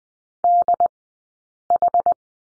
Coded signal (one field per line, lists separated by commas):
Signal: Morse code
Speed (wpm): 20 wpm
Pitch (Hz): 700 Hz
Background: none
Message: DH